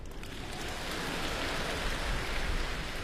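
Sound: audience applause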